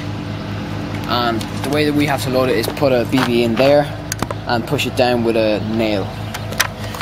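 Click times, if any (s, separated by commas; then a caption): 6.6 s. Someone talks while a BB is loaded into a Huntington Model 1740 air rifle and pushed down with a nail. The barrel is then bent back up into place and locks shut with a sharp snap at 6.6 s, leaving the barrel locked closed.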